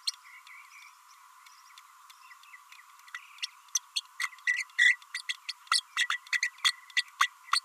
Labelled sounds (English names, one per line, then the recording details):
Green-rumped Parrotlet babbling
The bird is a female
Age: 30 days
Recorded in a nest box in Venezuela
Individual 17B32A5